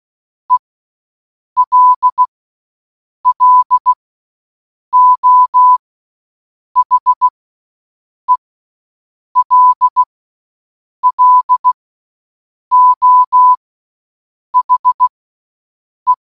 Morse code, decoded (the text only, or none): ELLO HELLO HE